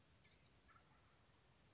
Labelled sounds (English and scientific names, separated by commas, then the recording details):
Wild Turkey (Meleagris gallopavo)
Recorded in Sonoma County, California